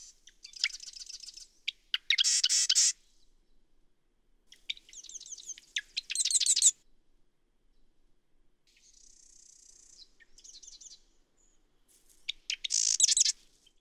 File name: Marsh Wren